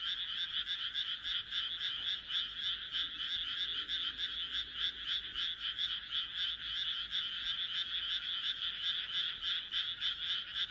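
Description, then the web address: Frog chorus of fast, overlapping croaking notes, uneven in rhythm and constant throughout. "kaeru kaeru"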